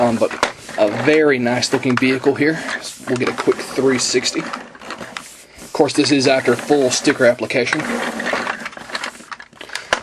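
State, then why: Seated. Someone talks over a fully stickered G.I. Joe Cobra Fury toy vehicle while its plastic turret is pushed up to its raised position on the vehicle body. A series of ratcheting clicks from about 8.9 s ends in a louder click at 9.9 s as the turret seats in place.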